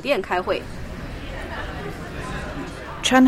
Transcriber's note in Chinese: Office ambience